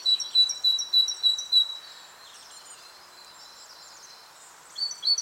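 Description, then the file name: Great tit song: a rapid run of high, repeated notes lasting about two seconds, then a lull before another brief burst at the end. "Parus major"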